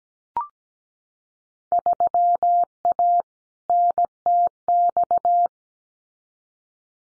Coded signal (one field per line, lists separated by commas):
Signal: Morse code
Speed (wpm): 17 wpm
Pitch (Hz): 700 Hz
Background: none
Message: 3A NTX